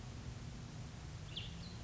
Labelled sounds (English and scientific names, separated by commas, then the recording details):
Cassin's Vireo (Vireo cassinii)
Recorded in Sonoma County, California